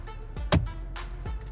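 A plastic pry tool pulls a dashboard trim panel out at its edge on a 2010-2016 Porsche 981 with the CDR 31 unit, and a plastic retaining clip pops loose with a sharp click at 0.5 s. The panel is released while background music plays.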